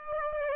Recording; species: mosquito wingbeat signal from an infrared sensor; Aedes aegypti